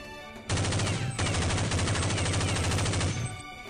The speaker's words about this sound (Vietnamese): Bỗng nhiên, phía sau vang lên tiếng súng dồn dập giòn tan, cắt đứt lời của hắn ta.